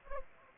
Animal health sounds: mosquito wingbeat signal from an infrared sensor; Anopheles arabiensis

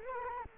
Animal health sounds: mosquito wingbeat signal from an infrared sensor; Culex quinquefasciatus

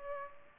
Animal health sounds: mosquito wingbeat signal from an infrared sensor; Culex pipiens

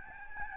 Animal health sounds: mosquito wingbeat signal from an infrared sensor; Aedes albopictus

